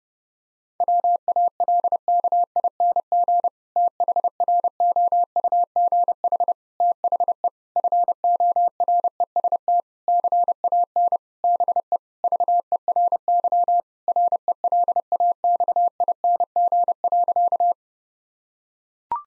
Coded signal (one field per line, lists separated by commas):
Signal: Morse code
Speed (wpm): 32 wpm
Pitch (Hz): 700 Hz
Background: none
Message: WALKING THROUGH THE FOREST CAN BE VERY RELAXING.